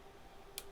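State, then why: Seated. The rear latch of the second Corsair Vengeance DDR4 memory stick is pressed into a DIMM slot on a Gigabyte TRX40 Designare motherboard. Over a quiet, steady background hum, a single short, bright click sounds at 0.6 seconds. The stick is seated, with the latch locked home.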